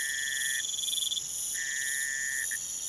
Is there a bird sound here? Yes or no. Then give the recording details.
no. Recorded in pastures near Puerto Asís, Putumayo, Colombia, on 22 June 2025 at 03:30. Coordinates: 0.486, -76.323. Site H29